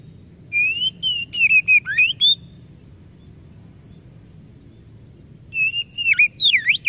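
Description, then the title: Oriental magpie-robin song: wavering whistles and sharp swoops, a quiet gap of about three seconds, then more looping whistled notes. Masteran (training recording) meant to provoke kacer into gacor (full, active singing); described as successful, the bird going on to become a contest champion. "Masteran Kacer Yang Sukses Memancing Kacer Gacor Sampai Jadi Juara"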